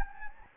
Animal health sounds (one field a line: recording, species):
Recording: mosquito wingbeat signal from an infrared sensor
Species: Anopheles gambiae